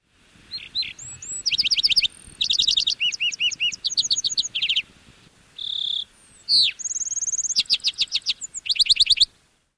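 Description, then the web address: Lark sparrow song: a long jumble of buzzy trills, clear whistled notes and rapid repeated chips changing pitch and pace, with brief pauses between phrases. "Thumbs Plus Zoo Field Guide Repository"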